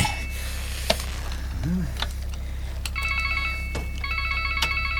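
A mobile phone rings with a bright electronic ringtone of rapid, high warbling tones in repeated bursts, over a steady low hum, with a few clinks and light clatter in the background.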